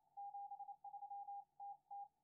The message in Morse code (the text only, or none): 73 TT